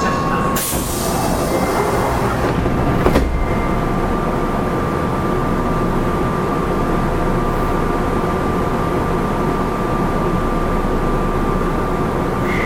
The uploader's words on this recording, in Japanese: 近畿日本鉄道７０００系電車の走行音です。大阪市営地下鉄中央線への直通列車で録音しました。区間は、生駒から谷町４丁目までです。